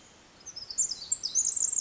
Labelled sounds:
Pacific Wren
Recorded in Sonoma County, California

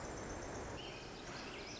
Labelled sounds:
Pacific Wren
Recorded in Sonoma County, California

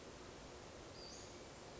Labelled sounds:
Western Flycatcher
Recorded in Sonoma County, California

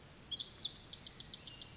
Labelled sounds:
Pacific Wren
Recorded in Sonoma County, California

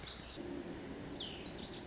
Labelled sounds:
Lazuli Bunting
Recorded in Sonoma County, California

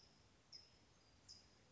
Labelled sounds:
California Towhee
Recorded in Sonoma County, California

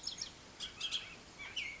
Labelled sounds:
Bullock's Oriole
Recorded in Sonoma County, California

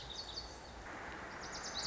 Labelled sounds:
Lazuli Bunting
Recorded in Sonoma County, California

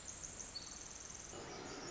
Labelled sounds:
Pacific Wren
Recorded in Sonoma County, California

